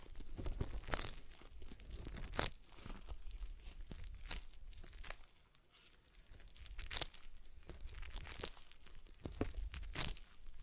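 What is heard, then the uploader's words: A stress ball is squeezed and kneaded, giving soft crinkling, crunching rustles with sharp crackly bursts near 1, 2.5, 7 and 10 seconds. The handling is irregular and fairly dense at first, eases into a quieter lull around 5 to 6 seconds, then builds again. ASMR Relaxing Stress Ball Sounds (No Talking).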